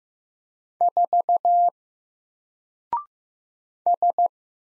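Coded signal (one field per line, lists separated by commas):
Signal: Morse code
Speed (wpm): 15 wpm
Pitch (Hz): 700 Hz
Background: none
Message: 4 S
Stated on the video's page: Single-character Morse practice at 15 wpm covering letters, numbers, punctuation and prosigns; each is sent, spoken, then sent again for head copy.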